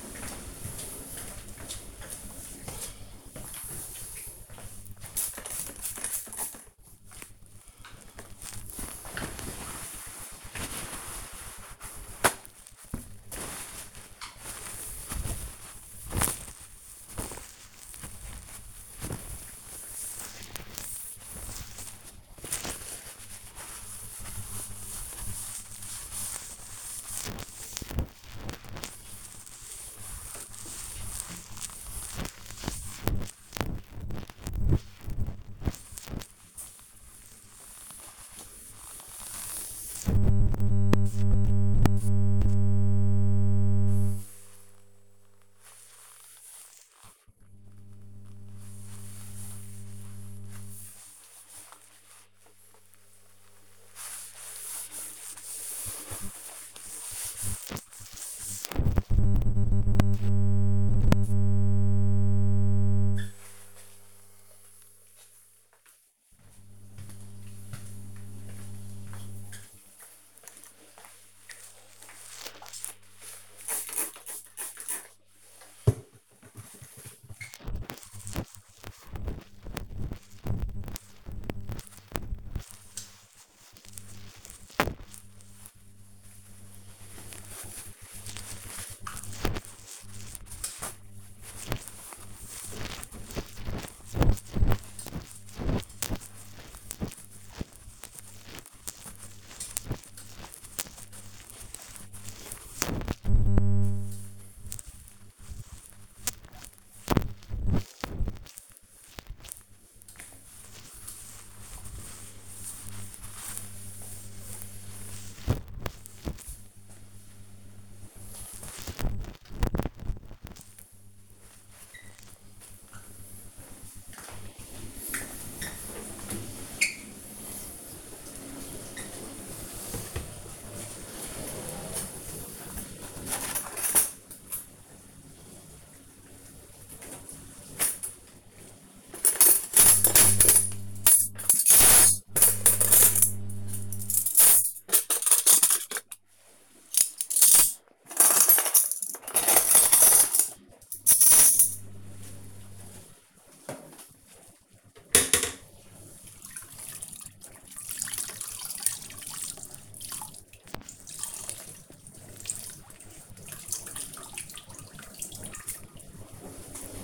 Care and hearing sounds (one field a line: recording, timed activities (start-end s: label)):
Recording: household activities, microphone on the right wrist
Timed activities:
10.21-122.86 s: cleaning the cupboard
19.26 s: note: using spray bottle (tv cleaning)
85.62 s: note: using spray bottle (tv cleaning)
136.92-167.04 s: cleaning the cupboard
143.98-167.04 s: kitchen